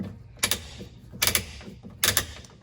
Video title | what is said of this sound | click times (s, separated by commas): Yakima GrandTour Premium Rooftop Cargo Box Overview | you can feel and hear that click. That ensures that the box is fully tightened to your bar. | 0.4 s, 1.2 s, 2.2 s